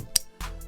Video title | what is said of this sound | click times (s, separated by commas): MY FULL SHILL FREE FRAGRANCE REVIEW ON ATTRACTION FATALE. YHEA YHEA | see there snap on there so let's go ahead and put on the skin before I get started I want to fix one thing | 0.2 s